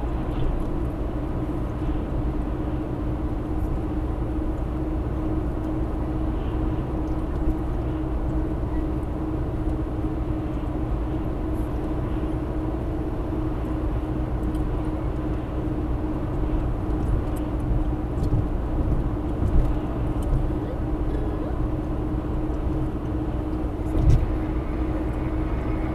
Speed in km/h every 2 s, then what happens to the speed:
71, 71, 72, 72, 74, 74, 72, 72, 72, 71, 71, 71, 72.
0-26 steady at about 72.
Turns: none.